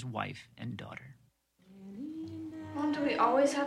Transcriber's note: audio clip, american beauty